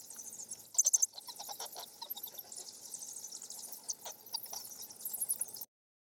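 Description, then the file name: Mexican free-tailed bat chatter: dense, rapid high-pitched squeaks and clicks in uneven bursts, with a few louder clusters near the start and end. "Mexican Free Tail Bat Chatter Epidemic Sound"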